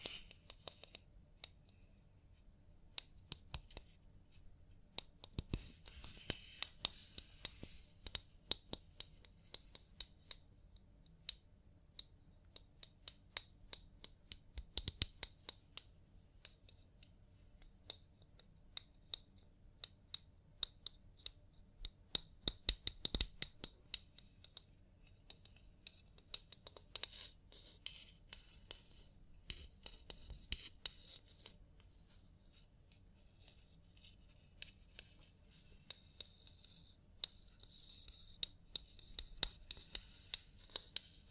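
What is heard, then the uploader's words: Fingers work through hair in a quiet scalp massage, with crisp crackling and rubbing sounds. Denser bursts of scratchy friction come around 6, 15, 23 and 28–31 seconds, with sparse clicks between. A low, steady hum sits underneath throughout. ASMR Sleep Clinic Personal Attention Scalp Massage, Hair Wash (No Talking).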